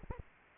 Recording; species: mosquito wingbeat signal from an infrared sensor; Anopheles arabiensis